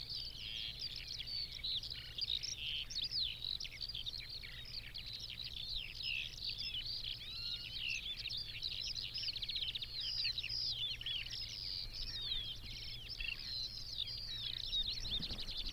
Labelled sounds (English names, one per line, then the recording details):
Eurasian Skylark song
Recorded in the wild
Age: adult
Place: Peenemuende, Usedom, Mecklenburg-Vorpommern, DE
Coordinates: 54.1673, 13.7646
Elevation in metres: 0
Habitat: grassland
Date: 2014-05-26 03:17
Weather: 10°C, almost windless
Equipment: Sound Devices 702, Sennheiser MKH 70, Rycote Windschutz
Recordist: Frommolt, Karl-Heinz